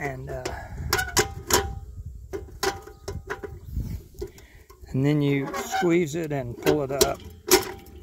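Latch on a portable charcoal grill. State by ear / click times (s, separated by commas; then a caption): seated / 7.5 s. A latch on a portable Weber charcoal grill is squeezed and pulled up while someone talks, with several sharp ticks along the way. A single sharp click at 7.5 seconds is the latch locking into place.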